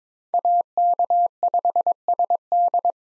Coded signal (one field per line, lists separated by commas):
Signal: Morse code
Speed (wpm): 22 wpm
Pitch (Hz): 700 Hz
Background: none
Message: AK5SD